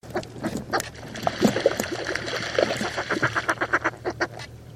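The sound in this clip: Bird giving harsh, nasal quacking notes in many quick bursts over a low steady hum.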